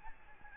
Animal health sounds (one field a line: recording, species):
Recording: mosquito wingbeat signal from an infrared sensor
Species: Aedes albopictus